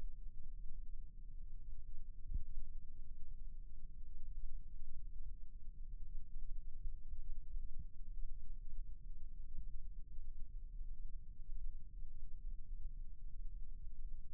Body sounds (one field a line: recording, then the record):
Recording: forearm muscle sounds (acoustic myography)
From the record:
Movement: rest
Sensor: system 1, eight BSWA MPA416 microphones around the upper forearm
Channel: 5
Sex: female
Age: 21 years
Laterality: right